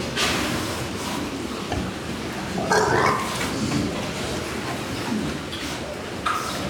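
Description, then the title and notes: Pigs grunting under a noisy background, with one strong harmonic squeal partway through and a shorter squeal near the end. Ambient sound inside a pig farm at Mas Reig. "SBG, Mas Reig - Granja de cerdos. Mas Reig, cerdos. Ambiente en el interior de la granja"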